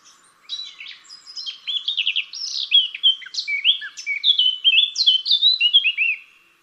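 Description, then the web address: Eurasian blackcap pouring out a rapid, rich warble of mixed scratchy and fluty notes for about six seconds. "SETE data Sylvia atricapilla"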